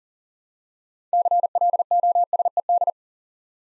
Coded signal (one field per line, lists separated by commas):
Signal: Morse code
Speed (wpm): 43 wpm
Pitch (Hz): 700 Hz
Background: none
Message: CLOSED